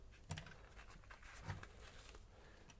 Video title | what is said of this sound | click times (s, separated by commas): Folding BIKE! HeyBike MARS 2.0 eBike - 28 mph and up to 45 miles. | we just pull this till it locks in and now that's locked into place | 0.3 s